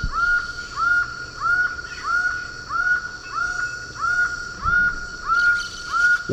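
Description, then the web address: Laughing falcon calling in a quick, regular run of hollow notes, each rising slightly then level, about one and a half per second. Eastern lowlands of South America. "Natures Songs S America Eastern Lowlands. Laughing Falcon"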